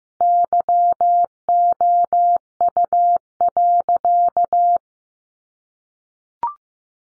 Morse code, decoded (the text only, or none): YOU.